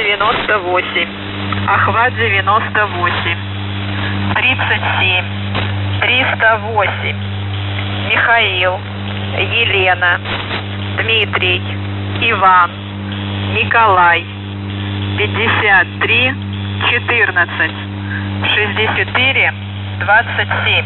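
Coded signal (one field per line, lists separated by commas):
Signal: coded military voice message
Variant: Russian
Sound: a male voice speaking short phrases over a steady low radio hum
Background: radio hum and static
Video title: The Goose | August 2023 | Every Voice Message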